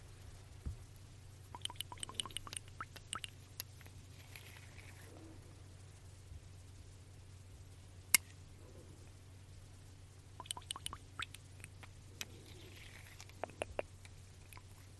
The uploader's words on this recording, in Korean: ASMR 톡톡 여러가지유리병 스포이드 소리.